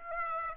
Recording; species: mosquito wingbeat signal from an infrared sensor; Aedes aegypti